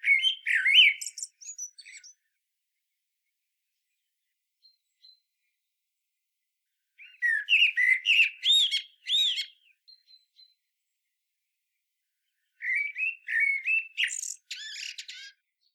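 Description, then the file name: Common blackbird song: three separate phrases, each opening with low mellow fluted warbling and ending in a squeaky, high twittering flourish, with silent gaps between. "Turdus merula"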